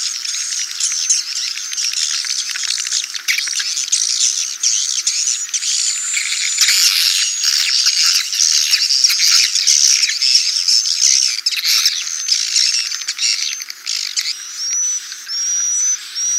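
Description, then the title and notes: Swiftlet chirping calls, a dense, continuous high twittering with scattered thin whistled notes and quick squeaks throughout. Swiftlet sound used for swiftlet farming in Asia. "Swiflet Bird Sound. Farming Swiflet Bird asia sound"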